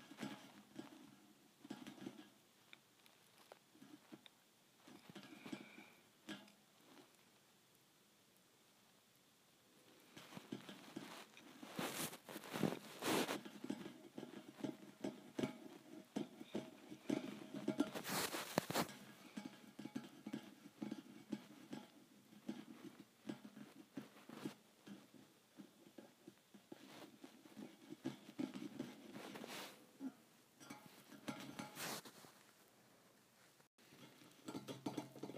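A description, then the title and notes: Thin metal bars are tapped in irregular bursts, bright, with clusters of quick clicks and a few sharper strikes near 12, 18 and 32 seconds. A quieter stretch with sparse taps runs from about 6 to 10 seconds. ASMR Tapping Thin Metal Bars.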